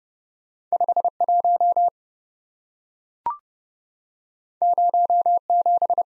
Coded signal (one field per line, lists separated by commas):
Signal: Morse code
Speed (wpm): 30 wpm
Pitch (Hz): 700 Hz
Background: none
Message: 51 07